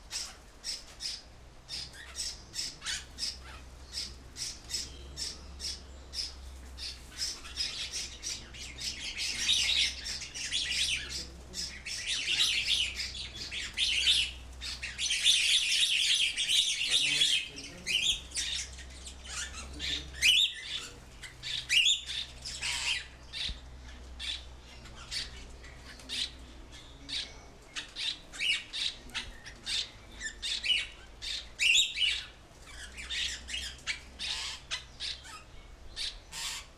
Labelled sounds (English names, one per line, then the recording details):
Grosbeak Starling call
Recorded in captivity
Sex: diverse
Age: diverse
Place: Zoo Berlin, Berlin, DE
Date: 1997-09-16 14:31
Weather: partly sunny, ca. 23°C
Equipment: Sony MD-WM MZ-R3, Sennheiser ME 80, Kopie Uher 4000 Report Monitor
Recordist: Tembrock, Günter
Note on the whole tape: Gruppe: Laute (wohl Junge in der Bruthöhle: Bettellaute). Paar an Bruthöhle